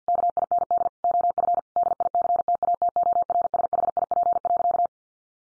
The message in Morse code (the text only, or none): KIND OF DICTATORSHIP.